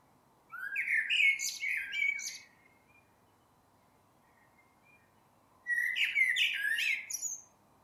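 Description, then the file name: Common blackbird song: two phrases, each a low fluted warble followed by a high scratchy twitter, separated by about three seconds of quiet. "Turdus merula"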